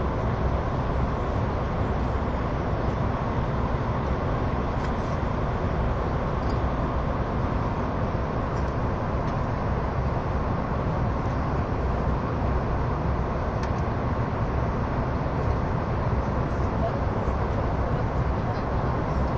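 Onboard an SBB ETR610 tilting EuroCity train on the Gotthard Base Tunnel route, a dense, steady rumble fills the low and middle range without letup. The roar stays even throughout, with a few faint high ticks and clicks scattered over it.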